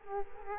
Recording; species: mosquito wingbeat signal from an infrared sensor; Culex quinquefasciatus